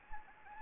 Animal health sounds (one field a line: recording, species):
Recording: mosquito wingbeat signal from an infrared sensor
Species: Anopheles gambiae